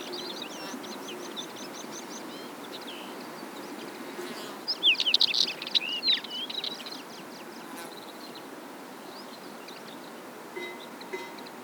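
Northern wheatear song: a loud burst of harsh, crackling and whistled notes lasting about two seconds, with fainter high twittering before it and a steady background hiss.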